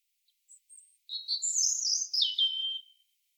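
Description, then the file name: European robin song: thin very high notes, then a silvery rippling warble that climbs and falls, closing with a sliding whistle. "Erithacus rubecula"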